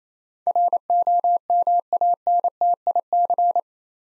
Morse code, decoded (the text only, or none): ROMANTIC